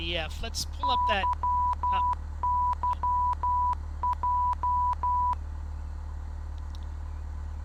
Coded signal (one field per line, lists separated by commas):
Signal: Morse code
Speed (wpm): 12 wpm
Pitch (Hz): 990 Hz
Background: speech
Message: YYJ